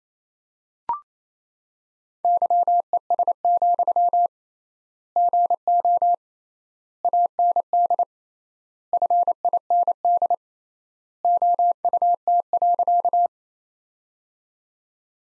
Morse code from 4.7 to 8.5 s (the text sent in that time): GO AND